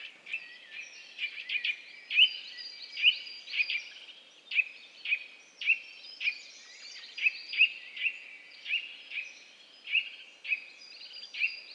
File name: Sitta europaea